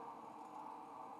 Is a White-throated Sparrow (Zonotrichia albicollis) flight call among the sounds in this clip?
no